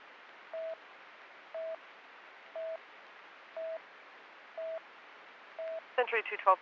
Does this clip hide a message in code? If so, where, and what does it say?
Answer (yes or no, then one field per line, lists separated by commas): no